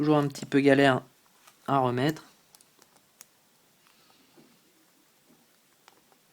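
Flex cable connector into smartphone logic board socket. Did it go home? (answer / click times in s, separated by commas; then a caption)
no / none. During reassembly of an iPhone 4, a flex cable connector is pressed back onto its socket on the logic board, a part that is always a bit fiddly to refit. Someone talks at the start, then faint, sharp ticks of handling come at about 2.6, 3.2 and 5.9 seconds against near silence. Nothing has seated or clicked into place yet.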